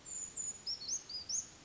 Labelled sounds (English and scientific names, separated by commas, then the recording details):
Brown Creeper (Certhia americana)
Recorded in Sonoma County, California